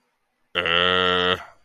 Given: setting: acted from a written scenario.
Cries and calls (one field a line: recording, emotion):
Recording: vocal sound without words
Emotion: confusion